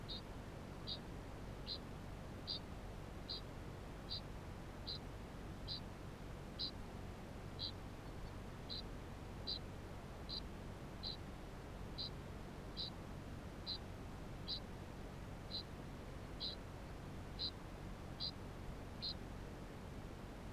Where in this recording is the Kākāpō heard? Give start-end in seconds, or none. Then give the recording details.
0.00-19.34. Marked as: faintness 3/5. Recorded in New Zealand. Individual Barnard